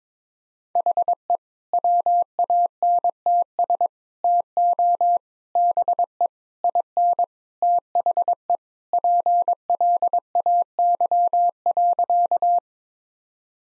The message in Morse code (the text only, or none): HE WANTS TO BE IN THE PLAY.